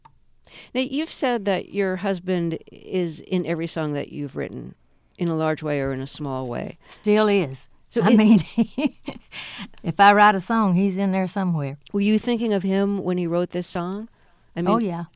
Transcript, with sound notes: Now, you've said that your husband is in every song that you've written in a large way or in a small way.
Still is. I mean (laughter), if I write a song, he's in there somewhere.
Were you thinking of him when you wrote this song?